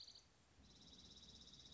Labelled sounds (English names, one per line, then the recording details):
Dark-eyed Junco
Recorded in Sonoma County, California